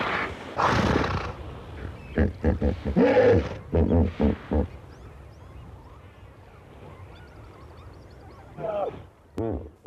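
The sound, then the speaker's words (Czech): Loud, deep grunting bellows come in rough, pulsing bursts, an old bull hippopotamus, one of six in a muddy lagoon, rumbling irritably, then fall quieter before a final short honking snort near the end. “Hlavně starý hroší samec vydává popuzené, dunivé zvuky.”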